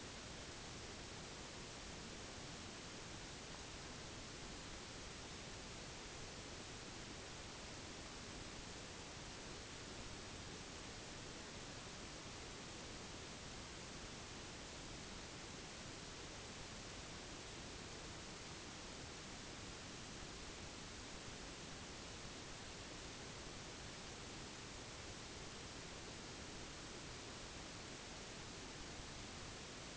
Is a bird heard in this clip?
no